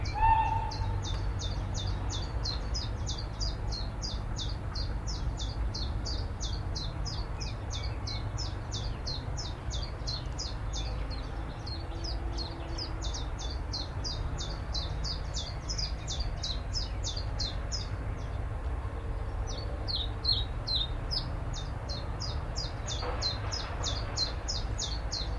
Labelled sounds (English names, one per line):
Willow Warbler